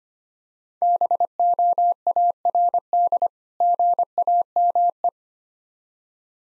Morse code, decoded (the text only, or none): BOARD GAME